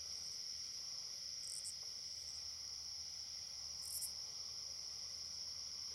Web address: The Songs of Insects Oblong-winged Katydid